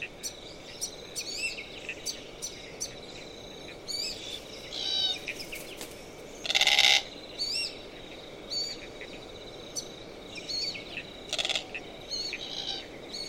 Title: Autumn Afternoon In The Marshy Woodlands By Durras Lake